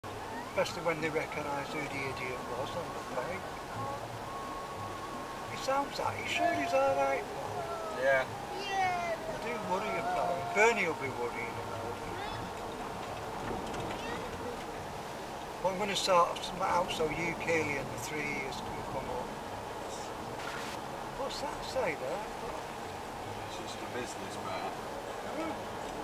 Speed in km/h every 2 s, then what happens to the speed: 52, 52, 52, 53, 52, 51, 51, 51, 48, 47, 52, 53, 54.
0-17 steady at about 52. 17-26 speeds up to 54.